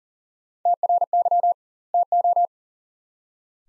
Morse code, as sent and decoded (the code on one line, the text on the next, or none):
- .-. -.-- / - ---
TRY TO